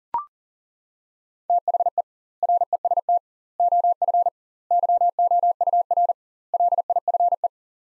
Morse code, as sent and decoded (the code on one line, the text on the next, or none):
- .... . / .-. . ... - / --- ..-. / -.-- --- ..- .-. / .-.. .. ..-. .
THE REST OF YOUR LIFE